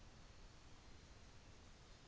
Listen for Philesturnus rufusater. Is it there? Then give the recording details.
no. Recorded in New Zealand on 24 December 2018. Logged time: 15:00